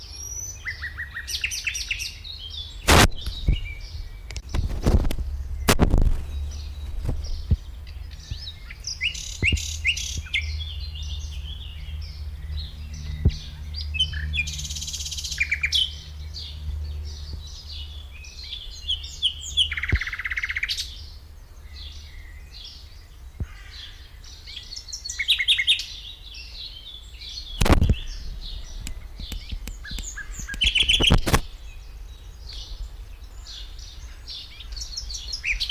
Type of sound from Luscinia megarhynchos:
song